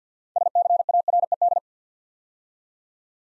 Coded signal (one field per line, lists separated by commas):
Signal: Morse code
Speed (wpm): 52 wpm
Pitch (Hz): 700 Hz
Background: none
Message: SCARED